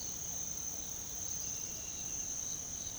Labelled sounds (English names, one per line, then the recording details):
none
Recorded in pastures near Puerto Asís, Putumayo, Colombia, on 8 March 2025 at 06:00
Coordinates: 0.486, -76.323
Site G075